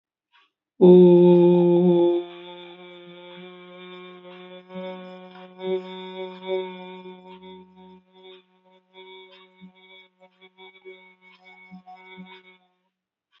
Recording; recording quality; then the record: sustained vowel as in boot; excellent, no background noise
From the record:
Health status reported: healthy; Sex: male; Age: 25 years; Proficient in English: yes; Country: India